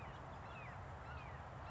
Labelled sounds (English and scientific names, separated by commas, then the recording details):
Red-shouldered Hawk (Buteo lineatus)
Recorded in Sonoma County, California